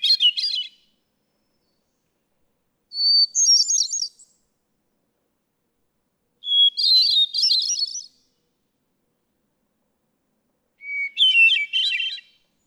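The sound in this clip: Hermit thrush song: four phrases a few seconds apart, the first already under way, the others each a pure introductory whistle then a warbling, flutelike trill.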